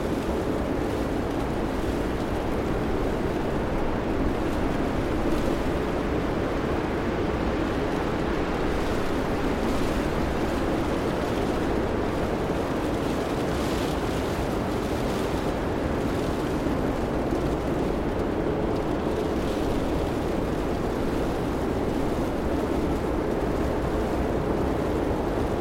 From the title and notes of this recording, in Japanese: 吹雪 | 自然なホワイトノイズ | 車の中でリラックス。外で風が吠え、雪が外側を打つ中。